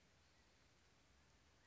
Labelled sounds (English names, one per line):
California Quail